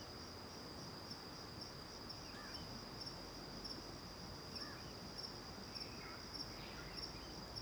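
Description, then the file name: Crickets pulse in a quick, steady, high trill, while soft, short bird calls drop in now and then underneath. Recorded in the morning, back to the river near the Angélica cave; crickets far at first, then near; AB stereo recording. "De costas para o rio perto da caverna angelica de manha, varios passaros, grilos longe e depois perto, gravacao em ab"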